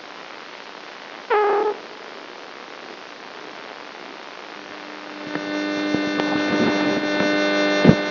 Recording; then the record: brain microelectrode recording played as sound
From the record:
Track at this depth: outside the subthalamic nucleus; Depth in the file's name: 0.001 mm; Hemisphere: left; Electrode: 2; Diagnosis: Parkinson's disease